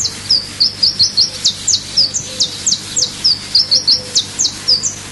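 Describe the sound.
Iberian chiffchaff song of thin, high notes repeated rapidly in an uneven series, over a steady low hum.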